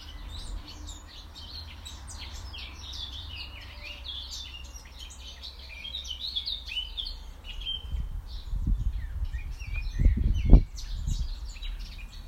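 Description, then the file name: Birdsong of quick chirps and twitters fills the first half, then thins out while low thumping and rustling noises rise toward the end. "Birds singing"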